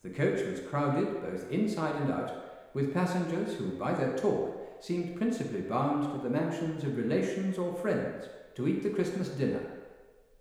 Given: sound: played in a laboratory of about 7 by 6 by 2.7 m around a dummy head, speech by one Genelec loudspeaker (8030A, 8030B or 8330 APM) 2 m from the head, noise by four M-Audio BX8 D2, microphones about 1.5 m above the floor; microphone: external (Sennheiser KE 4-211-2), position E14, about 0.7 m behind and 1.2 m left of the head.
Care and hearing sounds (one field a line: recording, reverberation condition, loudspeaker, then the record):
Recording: male speech in English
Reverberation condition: high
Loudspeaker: 90 degrees to the left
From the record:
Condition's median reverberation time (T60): about 1300 ms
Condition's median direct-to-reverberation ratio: about -4.0 dB